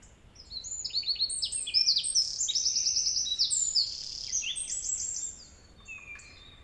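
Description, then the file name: Eurasian wren song, a vigorous cascade of high trills and rattling phrases lasting several seconds before fading to quiet. "Troglodytes troglodytes"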